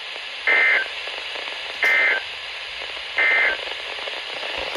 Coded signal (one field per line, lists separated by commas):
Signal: Emergency Alert System (SAME) tones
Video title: RNK PULLS A 5/22/22 STERLING (Alerts from 7/13/23) (EAS #737 - 750)